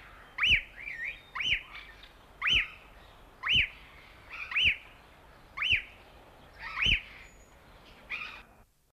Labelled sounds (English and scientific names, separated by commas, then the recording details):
Superb Parrot (Polytelis swainsonii) call
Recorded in captivity
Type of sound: call
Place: Zoo Leipzig, Leipziger Tieflandsbucht, Sachsen, DE
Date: 1978-04-13
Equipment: Halbspur, 9,5 cm/s
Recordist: Lütgens, Hans
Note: Rufe